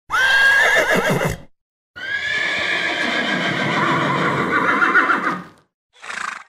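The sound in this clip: Horse neighing: a long shrill whinny that quavers, a brief pause, then a second drawn-out whinny, ending with a short, softer burst.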